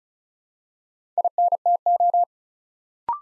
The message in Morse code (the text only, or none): INTO